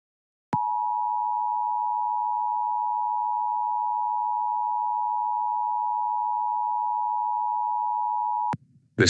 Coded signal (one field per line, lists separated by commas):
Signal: Emergency Alert System (SAME) tones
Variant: 853 and 960 Hz attention tone